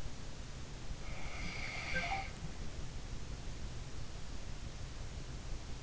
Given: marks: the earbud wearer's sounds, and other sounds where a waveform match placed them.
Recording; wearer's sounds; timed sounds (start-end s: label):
sounds in sleep by an in-ear microphone; snoring breath
1.14-3.04 s: snoring breath